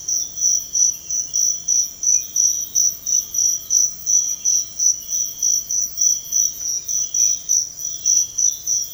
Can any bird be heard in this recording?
no